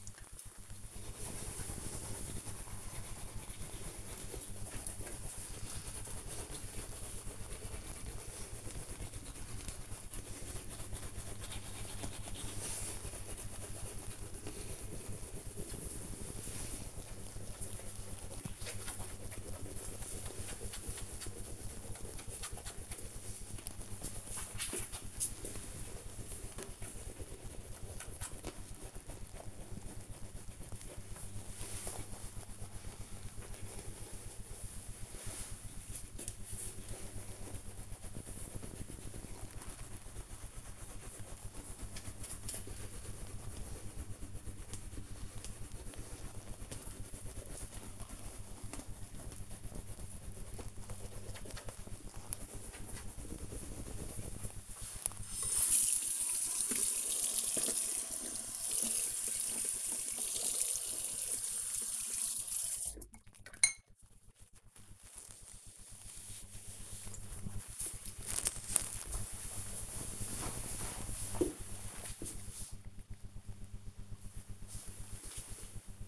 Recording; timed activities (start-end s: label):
household activities, microphone on the right wrist
0.00-63.28 s: brushing teeth